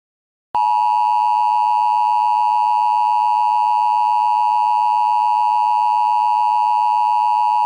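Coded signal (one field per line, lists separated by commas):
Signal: Emergency Alert System (SAME) tones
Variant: 853 and 960 Hz attention tone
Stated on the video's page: Fictional EAS scenario.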